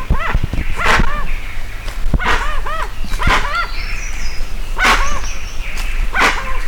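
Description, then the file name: Dusky-legged guan giving loud, harsh barking calls mixed with arched, yelping harmonic notes in irregular bursts, with a low hum beneath. Recorded in Itatiaia National Park, Brazil, on 27 October 2003. "Penelope-obscura-Itatiaia NP-Brazil-27-10-03"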